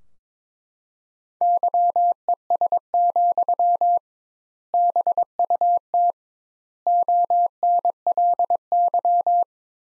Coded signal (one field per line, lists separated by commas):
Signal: Morse code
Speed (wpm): 22 wpm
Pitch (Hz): 700 Hz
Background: none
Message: YES, BUT ONLY